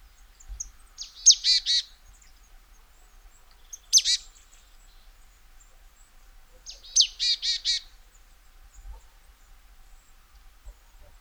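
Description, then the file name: Marsh tit calls: two bouts of a sharp note followed by a short series of buzzy nasal notes, with a lone sharp note between them. "Poecile palustris"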